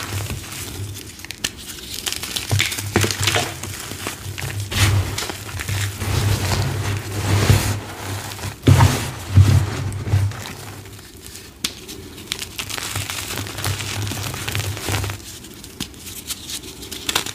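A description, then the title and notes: Dyed gym chalk and cornstarch crunchies are crushed and crumbled in a steady run of dense crackling and crinkling, with sharper snaps near 8 and 9 seconds. A low rumbling thud sits under the middle stretch, fading out after about 15 seconds. Satisfying flaky lime green dyed gym chalk + deep purple cornstarch crunchies + crunchy reforms + baby oil.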